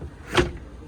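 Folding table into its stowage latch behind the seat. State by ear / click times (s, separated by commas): seated / 0.4 s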